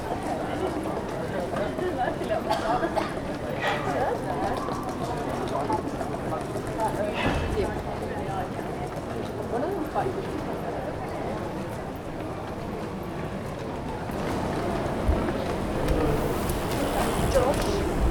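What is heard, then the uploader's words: A busy shopping street hums with overlapping crowd chatter and footsteps, a steady dense murmur with occasional clicks and brief louder voices throughout. Up-market shopping street. Captured on a street that is home to high-end shops. The street is busy with people shopping for Christmas gifts. It is late afternoon.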